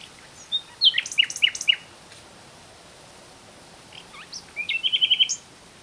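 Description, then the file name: Common nightingale song, a thin whistle followed by a short run of sharp repeated descending notes, a pause, then a fast rattling series of repeated notes. "Luscinia megarhynchos"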